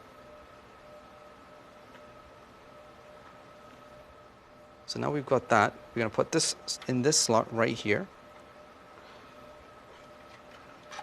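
A RAM stick is held over a motherboard DIMM memory slot and its pins are lined up before it is pushed in. Someone talks from about 4.9 to 8.0 seconds over a quiet, steady background hum with faint constant tones. The module has not seated or clicked yet.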